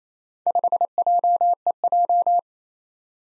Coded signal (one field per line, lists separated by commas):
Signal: Morse code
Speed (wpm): 27 wpm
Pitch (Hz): 700 Hz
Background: none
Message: 5JEJ